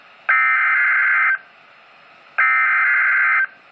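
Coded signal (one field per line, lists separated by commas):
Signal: Emergency Alert System (SAME) tones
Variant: header bursts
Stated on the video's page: Severe thunderstorm and special marine warnings recorded with an HTC Evo 4G phone.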